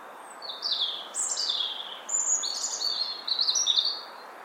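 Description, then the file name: European robin delivering high, liquid song phrases, descending whistled slurs, then a thin sustained note and a fast twittering finish, with gentle background noise. "Erithacus rubecula"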